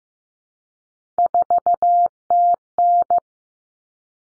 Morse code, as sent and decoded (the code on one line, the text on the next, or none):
....- - -.
4TN